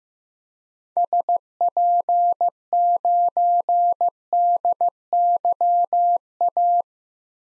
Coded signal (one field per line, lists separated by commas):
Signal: Morse code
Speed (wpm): 15 wpm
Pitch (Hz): 700 Hz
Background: none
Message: SP9DYA